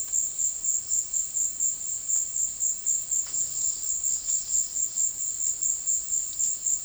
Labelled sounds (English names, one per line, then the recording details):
none
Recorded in dense forest near Puerto Asís, Putumayo, Colombia, on 21 February 2024 at 17:00
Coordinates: 0.500, -76.322
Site G6465